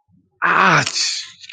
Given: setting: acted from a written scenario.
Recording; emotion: vocal sound without words; pain